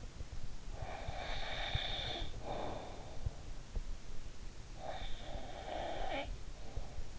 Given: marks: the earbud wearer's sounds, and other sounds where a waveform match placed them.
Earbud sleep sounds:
sounds in sleep by an in-ear microphone; snoring breath
0.39-3.22 s: snoring breath
4.52-7.18 s: snoring breath

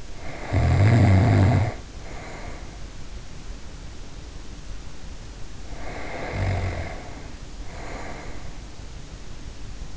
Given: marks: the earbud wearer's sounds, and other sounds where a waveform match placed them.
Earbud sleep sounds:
sounds in sleep by an in-ear microphone; snoring breath
0.00-2.83 s: snoring breath
5.49-8.68 s: snoring breath

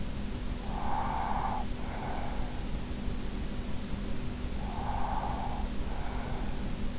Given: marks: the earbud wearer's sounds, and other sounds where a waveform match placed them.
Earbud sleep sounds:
sounds in sleep by an in-ear microphone; breath
0.26-2.88 s: breath
4.36-6.98 s: breath

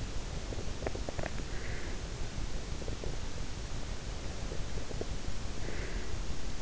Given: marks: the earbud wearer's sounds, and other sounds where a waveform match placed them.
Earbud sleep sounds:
sounds in sleep by an in-ear microphone; teeth grinding, breath
0.70-1.40 s: teeth grinding
1.40-2.07 s: breath
5.50-6.24 s: breath

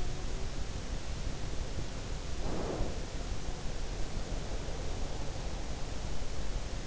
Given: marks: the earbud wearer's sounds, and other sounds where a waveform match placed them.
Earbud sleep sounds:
sounds in sleep by an in-ear microphone; breath
2.23-3.33 s: breath

